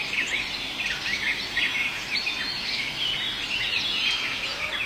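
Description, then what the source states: Garden warbler song: a fast, continuous babbling warble. Pasture with large trees, in the morning just after sunrise, as the first garden warblers begin to sing; song described as a babbling chatter.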